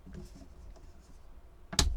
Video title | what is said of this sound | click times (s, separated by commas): Mancake Fortnite Action Figure - 6" Hasbro | and click on once you hear that little click then you know it's on and no more wobbly wheels | 1.7 s, 1.8 s